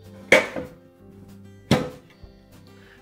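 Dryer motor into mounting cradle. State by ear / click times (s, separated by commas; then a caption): seated / 0.3 s. A new dryer motor is set into its mounting cradle and rotated until it locks in place, seating with a loud thunk at 0.3 s. A second, softer knock follows at 1.7 s over a faint steady hum. The motor is locked in its cradle.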